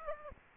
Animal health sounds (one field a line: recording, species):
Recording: mosquito wingbeat signal from an infrared sensor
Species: Aedes aegypti